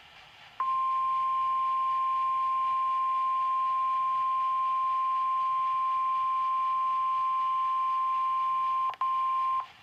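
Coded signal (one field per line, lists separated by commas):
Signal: Emergency Alert System (SAME) tones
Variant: 1050 Hz attention tone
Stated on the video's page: EAS Winter Storm Warnings from NOAA Weather Radio station KWO35.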